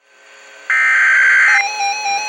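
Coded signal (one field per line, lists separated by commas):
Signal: Emergency Alert System (SAME) tones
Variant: header bursts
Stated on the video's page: Late-night Child Abduction Emergency alerts received from NOAA Weather Radio stations KHB60, WXM62 and WWG24.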